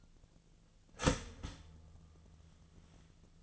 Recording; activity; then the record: daily activity, microphone in the room; start toaster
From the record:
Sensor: 4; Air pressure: 1010.1 hPa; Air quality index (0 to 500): 179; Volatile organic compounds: 5 ppm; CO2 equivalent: 1809 ppm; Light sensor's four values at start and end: 23/70/27/27 and 23/70/27/27